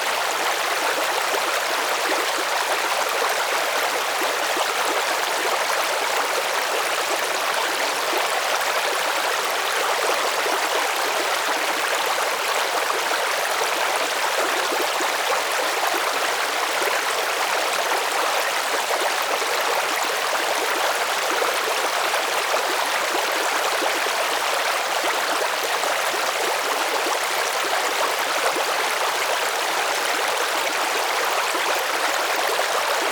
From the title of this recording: Clear and Strong Babbling Brook Ambience